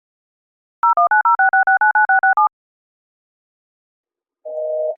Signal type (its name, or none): DTMF